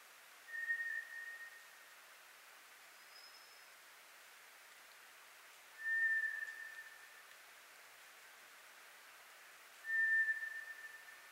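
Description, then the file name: White's thrush song: long, thin, steady whistles on one pitch, spaced several seconds apart, with a fainter, higher whistle between them, over a soft hiss. Recorded on 24 April 2010; Japanese name toratugumi. "toratugumi-20100424"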